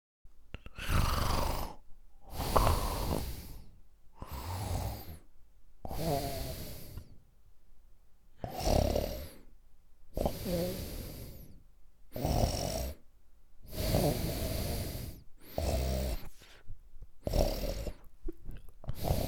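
An adult sleeper snoring: low-pitched, rumbling snores that repeat roughly every two seconds, with an uneven rhythm and varying loudness.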